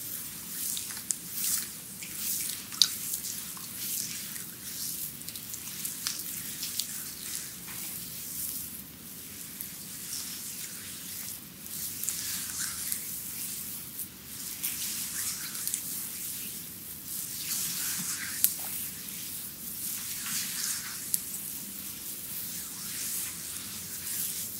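A Chinese bamboo massage, heard as a steady, dense crackling hiss like rain or sizzling, swelling and easing in soft waves. A few sharp taps stand out, near 3, 18 and 21 seconds. A low, even hum runs underneath throughout.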